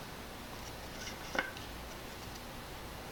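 A ribbon-holding piece is pushed up from the bottom into a bow-making board, without a hammer, after some fumbling with the alignment. Against a quiet background, a single short, sharp click sounds at 1.4 seconds as the piece locks into place.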